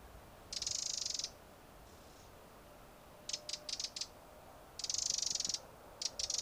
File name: Troglodytes troglodytes